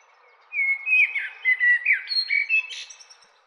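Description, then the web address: Bird giving a lively three-second phrase of mixed chirps, short whistles and sweeping notes that rise in pitch toward the end. "bird ljud"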